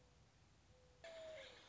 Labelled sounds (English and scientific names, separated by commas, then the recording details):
Mourning Dove (Zenaida macroura)
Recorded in Sonoma County, California